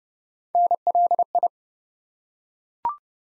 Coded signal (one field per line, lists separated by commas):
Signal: Morse code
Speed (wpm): 30 wpm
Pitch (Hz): 700 Hz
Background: none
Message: NLI